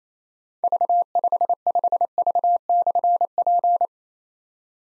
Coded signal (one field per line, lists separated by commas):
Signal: Morse code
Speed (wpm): 27 wpm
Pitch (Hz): 700 Hz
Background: none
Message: V55V/P